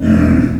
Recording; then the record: squeal of a Yucatan mini pig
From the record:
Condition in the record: after surgery on the right vocal fold (resection and tissue-engineered implant); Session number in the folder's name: 7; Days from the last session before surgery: 47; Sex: female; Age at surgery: 19 weeks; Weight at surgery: 25 kg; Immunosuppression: prednisolone